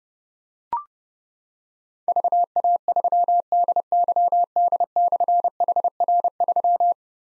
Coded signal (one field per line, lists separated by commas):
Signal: Morse code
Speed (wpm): 30 wpm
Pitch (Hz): 700 Hz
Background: none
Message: VA3DYD/HR3